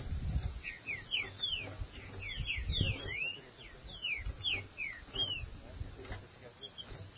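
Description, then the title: Green-winged saltator song: a string of slurred whistled notes over heavy background hiss and low rumbling. "Trinca Ferro"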